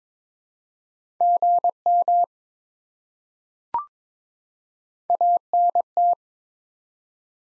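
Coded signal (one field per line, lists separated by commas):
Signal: Morse code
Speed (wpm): 22 wpm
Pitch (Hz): 700 Hz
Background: none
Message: GM ANT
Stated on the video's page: Morse head-copy drill of common QSO elements at 22 wpm, each sent, spoken, then sent again.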